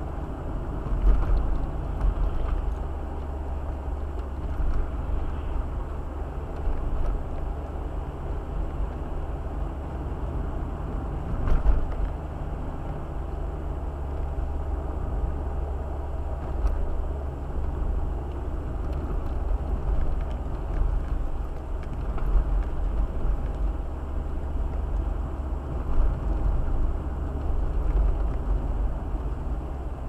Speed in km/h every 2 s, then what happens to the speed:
44, 42, 44, 45, 43, 44, 43, 42, 41, 41, 41, 41, 43, 42, 39.
0-30 steady at about 42.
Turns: none.